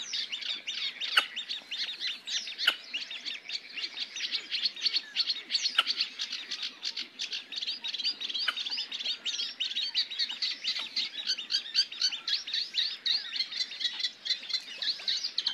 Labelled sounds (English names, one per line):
Red-necked Grebe call